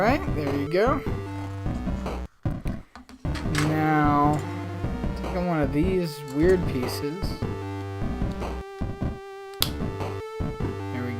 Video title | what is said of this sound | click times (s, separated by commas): Let's Build Lego City Cargo Train 60052 (Part 4) | is like that snap sound even though I feel like it's not really great to make a sound | 9.6 s